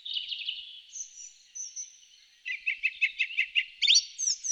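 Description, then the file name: Song thrush song with a burst of rapid notes, a high thin whistle, then a clipped phrase repeated about seven times before higher twisting notes. "grive musicienne"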